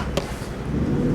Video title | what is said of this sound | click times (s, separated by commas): Accessories for Meteor 350 - Meteor 350 Accessories - Sans Moto Shop | इसके पीछे grooves बने हुए हैं, यहाँ पे इसका स्टैंड लगा हुआ है और ये सिंपल ऐसे जाके लॉक हो जाता है। | 0.2 s